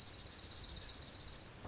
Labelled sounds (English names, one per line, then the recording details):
Dark-eyed Junco
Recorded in Sonoma County, California